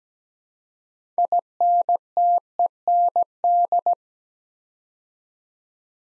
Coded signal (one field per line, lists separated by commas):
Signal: Morse code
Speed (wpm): 17 wpm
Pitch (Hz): 700 Hz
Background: none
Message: INTEND